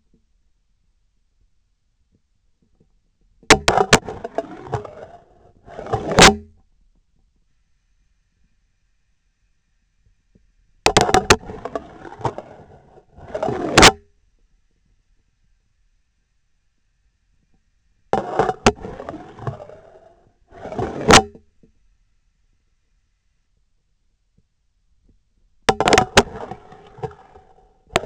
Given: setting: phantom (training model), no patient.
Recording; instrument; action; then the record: laparoscopic instrument, vibration sensor on the handle end; scissors; insertion and removal through the trocar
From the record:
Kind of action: spatial motion